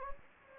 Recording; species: mosquito wingbeat signal from an infrared sensor; Anopheles gambiae